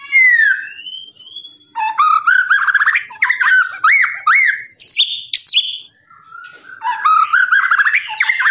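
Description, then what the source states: Lovebird song mixing thin whistled notes with bursts of fast buzzy trills and sharp upslurred chirps, separated by short pauses. Long continuous "ngekek" trilling song, used as a master recording for training birds.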